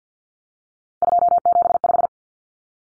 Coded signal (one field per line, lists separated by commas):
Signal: Morse code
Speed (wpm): 50 wpm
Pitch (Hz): 700 Hz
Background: none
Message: 275